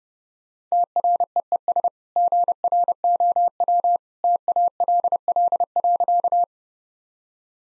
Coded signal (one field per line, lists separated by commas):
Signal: Morse code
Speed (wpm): 30 wpm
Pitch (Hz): 700 Hz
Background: none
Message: TREES GROW TALL.